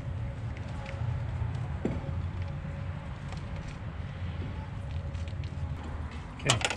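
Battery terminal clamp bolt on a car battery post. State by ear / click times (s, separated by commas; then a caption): stripped / none. Someone tries to tighten the bolt on a car battery terminal clamp on a car battery post, but the metal thread below is stripped and the clamp never tightens, so nothing is holding it on. Over a steady low rumble, faint brief knocks come at about 0.9 s and 1.9 s, followed by two sharper, louder metallic knocks at 6.5 s and 6.6 s. Nothing seats or clicks into place.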